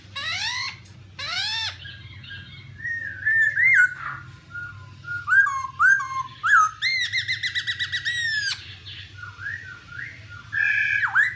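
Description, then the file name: Black-throated laughingthrush singing varied whistled phrases, gliding and warbling, with a rapid trilled stretch and a few harsh notes, above a steady low hum. "tieng khuou bac ma hot"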